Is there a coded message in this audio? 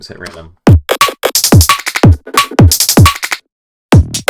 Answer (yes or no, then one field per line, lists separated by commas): no